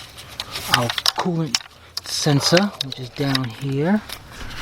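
A plastic wiring harness connector is handled at the coolant temperature sensor during valve cover gasket replacement on a Jeep Commander, Cherokee, Dodge Pickup, Durango, Dakota or Chrysler Aspen engine. Someone talks throughout, with a brief sharp handling sound at 0.4 s and faint scraping between words. Nothing has seated or clicked yet.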